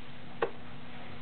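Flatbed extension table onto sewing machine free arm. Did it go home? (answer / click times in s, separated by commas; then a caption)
yes / 0.4 s. The removable flatbed extension of a vintage convertible free-arm Kenmore model 1947 sewing machine, serviced, oiled and timing-checked, is slid back onto the free arm. A single short, sharp snap is heard at 0.4 s over a steady low background hiss. The extension is seated and snapped in place, returning the machine to a flatbed.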